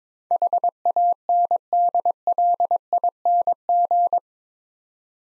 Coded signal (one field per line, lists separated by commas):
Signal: Morse code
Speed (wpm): 23 wpm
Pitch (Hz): 700 Hz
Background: none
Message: HANDLING